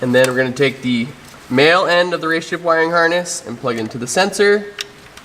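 Someone talks while holding the male end of a RaceChip add-on module wiring harness up to the plastic connector of the manifold pressure sensor on a BMW N20 engine (125i, 228i, 328i, 428i, 528i), getting ready to push it on until it clicks. A short sharp sound comes near 5.2 s, but the plug has not seated or clicked yet when the clip ends.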